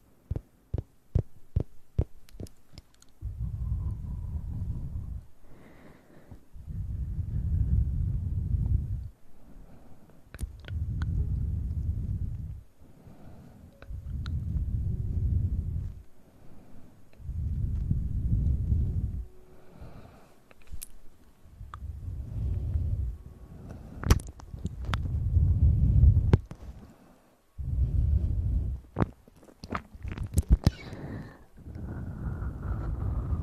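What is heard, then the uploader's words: Mouth sounds: a series of low, muffled blowing bursts, each lasting about two seconds, repeating at a steady pace with short gaps between them. Sharp clicks and smacks cluster in the opening seconds and pop up again around the middle and near the end. Mouth Sounds.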